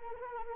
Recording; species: mosquito wingbeat signal from an infrared sensor; Anopheles arabiensis